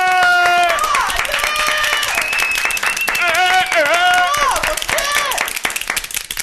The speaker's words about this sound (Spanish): ¡Aplausos!